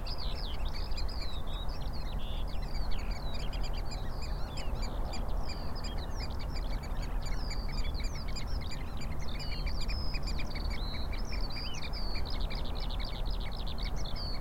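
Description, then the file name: Eurasian oystercatchers in a dense, continuous chorus of high piping notes, many birds calling at once over heavy low background roar. Several birds recorded at the Rye Harbour river mouth on 9 May 2022. "220509 0057 Rye Harbour river mouth Oystercatchers"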